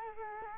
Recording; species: mosquito wingbeat signal from an infrared sensor; Culex quinquefasciatus